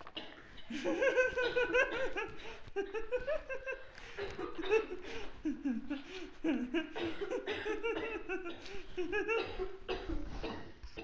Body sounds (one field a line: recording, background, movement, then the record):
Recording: laughter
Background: a bystander coughing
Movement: walking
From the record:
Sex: female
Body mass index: 36.4 kg/m2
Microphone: on the chest, facing the body